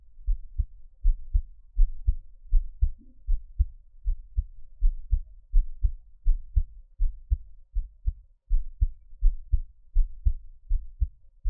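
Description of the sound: Deep, muffled thumps of an adult's heartbeat repeat steadily at about 81 beats a minute, heard up close in a quiet setting with no talking.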